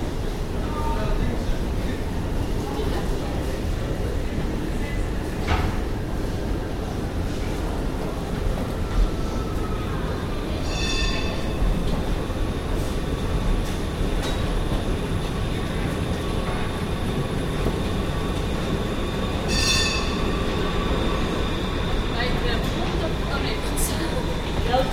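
A tram rumbles steadily through a tunnel, dense low roar throughout, with bright metallic squeals and clanks around 11 and 20 seconds.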